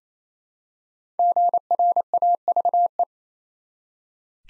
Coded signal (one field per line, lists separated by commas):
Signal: Morse code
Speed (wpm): 27 wpm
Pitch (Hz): 700 Hz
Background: none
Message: GRAVE